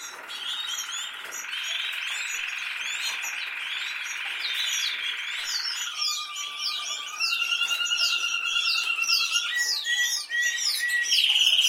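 Canary song beginning with a long sustained buzzy roll, then shifting to a lower whistled trill and later higher rapid repeated notes.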